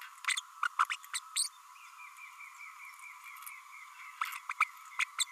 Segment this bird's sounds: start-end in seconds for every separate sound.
0.27-0.36, 0.65-0.68, 0.79-0.85, 0.89-0.96, 1.13-1.19, 1.36-1.49, 4.21-4.26, 4.49-4.53, 4.60-4.64, 4.99-5.05, 5.18-5.24